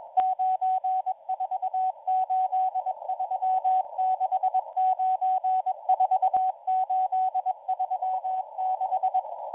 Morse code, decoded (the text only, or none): 94836 94836